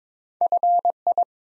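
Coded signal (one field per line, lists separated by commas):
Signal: Morse code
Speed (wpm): 23 wpm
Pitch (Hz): 700 Hz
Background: none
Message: FI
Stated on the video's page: Morse practice set at 22 wpm, building 5-letter words one letter at a time for instant character recognition training.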